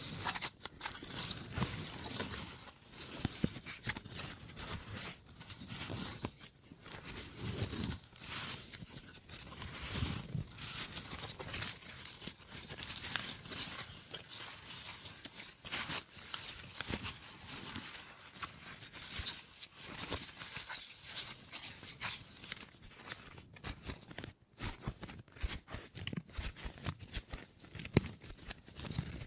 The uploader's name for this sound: Wood Triggers